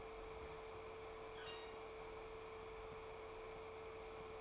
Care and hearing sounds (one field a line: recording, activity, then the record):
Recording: daily activity, microphone in the room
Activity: open fridge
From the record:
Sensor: 1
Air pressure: 1015.0 hPa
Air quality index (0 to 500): 194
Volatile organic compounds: 22 ppm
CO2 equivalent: 2745 ppm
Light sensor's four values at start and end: 31/78/33/40 and 31/78/33/40